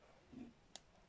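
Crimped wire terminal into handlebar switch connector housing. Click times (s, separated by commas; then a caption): 0.8 s. A brown ground wire's crimped metal terminal is pushed into the plastic connector housing of a KTM motorcycle handlebar switch being fitted to a Beta RR. After a soft low hum around 0.3–0.5 s, a single short, sharp click is heard at 0.8 s. The terminal is seated and good.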